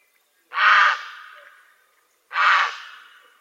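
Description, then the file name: Grey heron giving two loud, raspy croaks nearly two seconds apart, each harsh burst trailing off slowly. "Czapla Siwa"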